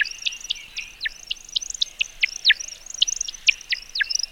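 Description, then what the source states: American Woodcock flight song: a rapid series of sharp, liquid chirps, each sliding downward. Male singing while descending, zigzagging and banking during his spring sky dance display flight; air over outer primary feathers also makes a musical twittering; usually at dusk and dawn.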